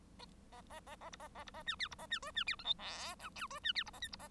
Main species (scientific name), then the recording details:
Lonchura striata domestica. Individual Bird1